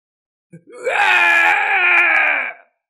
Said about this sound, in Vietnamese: … gào lên đau đớn.